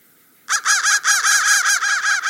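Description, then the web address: Crow calling, a quick series of harsh, raspy caws that run together after a brief quiet start. "soundfactory crow 1"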